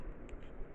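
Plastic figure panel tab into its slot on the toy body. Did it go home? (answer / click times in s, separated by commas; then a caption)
yes / 0.3 s. A plastic transforming-figure panel is fitted to the toy body: its big tab is hooked in first, then the small angled tab at the tip is pressed into its slot. A short, sharp click at 0.3 s marks the tab seating in place, over a faint steady background noise.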